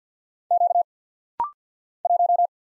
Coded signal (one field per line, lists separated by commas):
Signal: Morse code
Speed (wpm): 50 wpm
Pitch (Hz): 700 Hz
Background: none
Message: Q 1